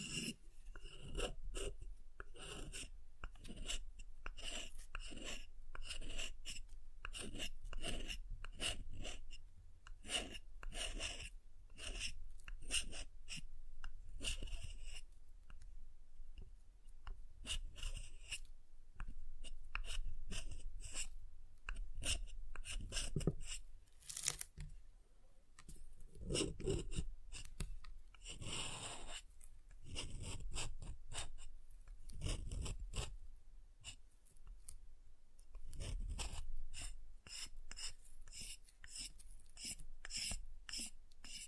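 Soft and hard soap being tapped and carved, with dense, irregular clicks and short scraping strokes packed throughout. Brief rasping bursts stand out around 15, 24 and 29 seconds, and a low faint rumble sits underneath the whole time.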